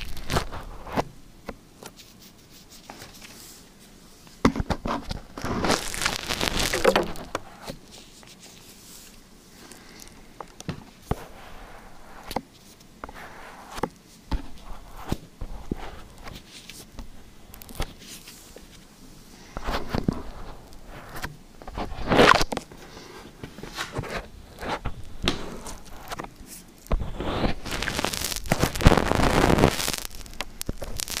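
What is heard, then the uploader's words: Liquid slime being squished and handled, giving wet, sticky clicks and pops that come in irregular bursts. Louder, longer squelching swells arrive near 5–7 seconds, around 22 seconds, and again from 27 to 30 seconds, with quieter gaps between. Liquid Slime ASMR.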